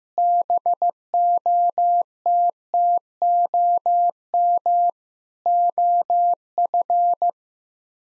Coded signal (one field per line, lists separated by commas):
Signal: Morse code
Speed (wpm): 15 wpm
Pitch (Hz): 700 Hz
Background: none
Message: BOTTOM OF